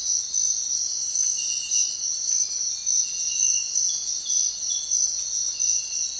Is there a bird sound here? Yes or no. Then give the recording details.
no. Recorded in secondary vegetation near Puerto Asís, Putumayo, Colombia, on 29 June 2025 at 05:30. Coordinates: 0.499, -76.323. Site G077